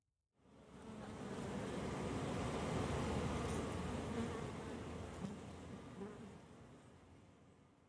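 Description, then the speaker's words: Honey bees buzzing, a dense steady hum of many wings that swells and then slowly fades. Many bees making the daily orientation flight at hives in Oakland, California, around midday after a foggy morning; young bees about three weeks old learning to take off and land. "When I got to the hives that Ronni keeps a watchful eye on in Oakland, California, there was a daily ritual that occurs called the orientation flight."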